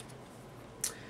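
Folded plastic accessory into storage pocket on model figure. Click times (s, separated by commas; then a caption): 0.8 s. A folded plastic accessory is pushed back into an opened storage pocket on a 1/60 scale Force Impulse Gundam plastic model kit. A short, bright click sounds at 0.8 s against a quiet background. The accessory seats and locks in place.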